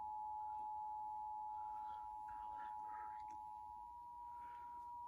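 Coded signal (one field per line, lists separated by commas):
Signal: Emergency Alert System (SAME) tones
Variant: 853 and 960 Hz attention tone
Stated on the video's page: Required Monthly Test relayed via a TV station.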